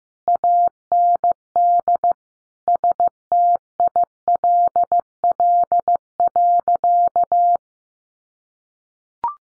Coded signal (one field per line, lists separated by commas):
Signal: Morse code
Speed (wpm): 15 wpm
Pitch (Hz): 700 Hz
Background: none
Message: AND STILL.